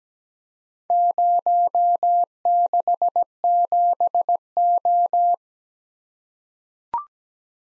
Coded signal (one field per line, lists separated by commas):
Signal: Morse code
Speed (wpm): 17 wpm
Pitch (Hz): 700 Hz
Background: none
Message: 067O